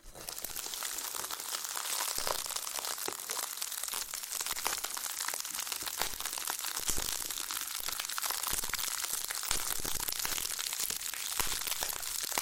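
A loofah is scrubbed and peeled in a dense, steady stream of bright crinkling, crackling scratches, with frequent sharp pops throughout.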